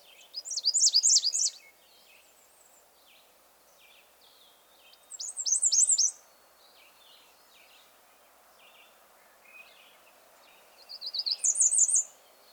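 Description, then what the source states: American Redstart singing a few songs, each a burst of high, slurred notes, with different phrases alternating. A single male bird alternating his various songs, giving a variety of phrases.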